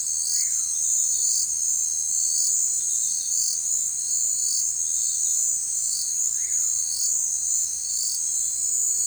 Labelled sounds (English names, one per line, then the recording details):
Common Pauraque
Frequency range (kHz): Common Pauraque 0.8-3.2 kHz
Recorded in forest near Pivijay, Magdalena, Colombia, on 14 April 2023 at 19:00
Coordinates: 10.467, -74.380
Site Z5-G034